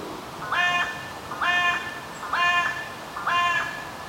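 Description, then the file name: Carrion crow giving four harsh, nasal caws, each short and evenly spaced about one second apart, over a faint steady background hiss. "Corvus corone"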